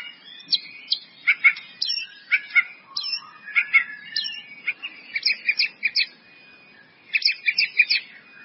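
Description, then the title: White-rumped Shama song of short, sharp whistled notes and chirps, delivered in spaced clusters with brief pauses. "murai batu"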